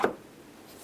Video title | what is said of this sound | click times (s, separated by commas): Volvo V70 1999 Headlight Globe Replacement. 850 S70 C70 | click, locked in place. | 0.0 s